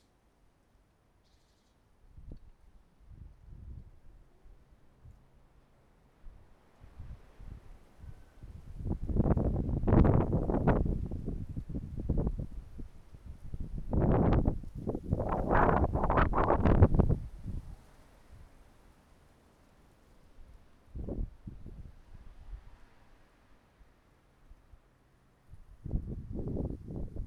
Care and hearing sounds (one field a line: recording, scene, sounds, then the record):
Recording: everyday scene through a hearing-aid microphone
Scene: wind on the microphone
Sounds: wind, traffic, birds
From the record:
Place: suburban garden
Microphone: behind the ear, right, rear